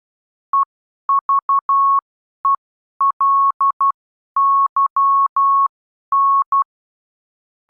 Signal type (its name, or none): Morse code